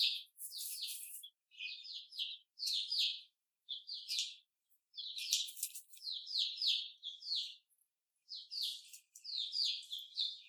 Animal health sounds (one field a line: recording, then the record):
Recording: young laying hens in a cage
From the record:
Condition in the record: before the stressor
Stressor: simulated dog barking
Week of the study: 4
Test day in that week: 2